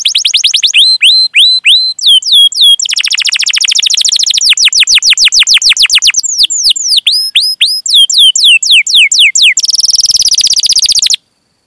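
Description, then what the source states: Canary in full song, alternating rapid down-slurred whistles, rolling trills and chopped sweeps, finishing with a harsh buzzing rattle before stopping. Singing in Indonesian songbird-keeping style, its varied song described as gacor with rich cengkok phrasing and fill-ins.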